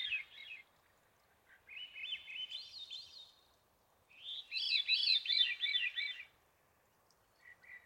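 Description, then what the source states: Veery song in repeated spiraling phrases, each a rolling series of looping flute-like notes, separated by silences, with a brief fragment at the end. Sad-sounding song; Pacific Northwest.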